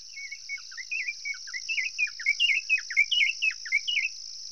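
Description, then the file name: White-browed robin-chat song: quick swooping whistled phrases repeated and gaining in loudness, with a steady high-pitched insect buzz behind. "Cossyphe-d Heuglin-Cossypha-heuglini-White-Browed-robin-chat-Weissbrauenrotel"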